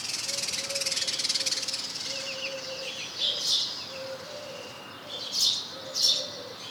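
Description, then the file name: House sparrow chirps, three short bright notes in the second half after a stretch of steady hiss, with a faint low hum underneath. "Passer domesticus"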